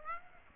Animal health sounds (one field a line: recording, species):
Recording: mosquito wingbeat signal from an infrared sensor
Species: Aedes aegypti